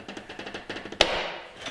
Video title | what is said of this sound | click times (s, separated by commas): Porsche 911 (997) Turbo DIY Headlight Mod | Like that. You want to make sure that you hear that audible click, or else it means that the headlight's not locked in place. | 1.0 s